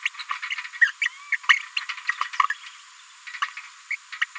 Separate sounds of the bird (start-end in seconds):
0.19-0.23, 0.50-0.55, 0.81-0.91, 1.01-1.08, 1.32-1.36, 1.49-1.59, 2.08-2.12, 2.39-2.42, 2.50-2.53, 3.42-3.45, 3.57-3.60, 3.90-3.96, 4.21-4.24